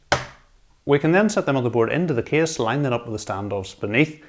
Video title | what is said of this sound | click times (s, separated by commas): Montech Sky Two Build - Step by Step Guide - 13700K & Zotac Gaming RTX 4080 AMP Extreme AIRO | and then we can replace the top plate on our CPU ciller and we just need to push it forward until it clicks | 0.1 s